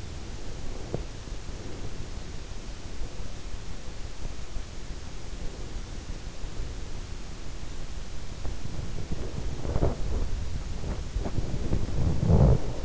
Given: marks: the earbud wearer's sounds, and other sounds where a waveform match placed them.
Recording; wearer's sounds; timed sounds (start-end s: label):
sounds in sleep by an in-ear microphone; breath, body movement
0.00-2.24 s: breath
4.89-7.31 s: breath
8.64-12.85 s: body movement